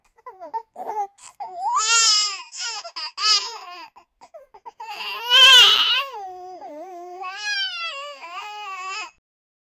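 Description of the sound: An upset baby crying in repeated wailing bursts with a high-pitched voice.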